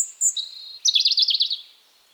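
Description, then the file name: European robin song, a thin high note then a lower whistle, then a fast buzzy trill of repeated notes lasting under a second. "Erithacus rubecula"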